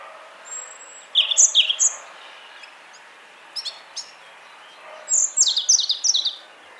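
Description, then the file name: European robin song in two high, jangling phrases of quick sharp notes, one early and one toward the end, separated by a few faint chips. "Erithacus rubecula"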